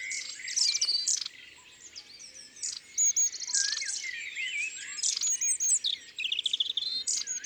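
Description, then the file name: Long-tailed tit calls: high, thin twitters and curling whistles with bursts of rapid piercing notes. "Mesange a longue queue ABC des chants doiseaux"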